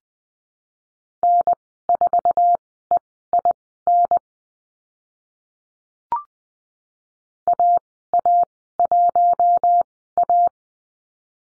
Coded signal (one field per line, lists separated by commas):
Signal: Morse code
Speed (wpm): 20 wpm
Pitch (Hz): 700 Hz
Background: none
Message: N4EIN AA1A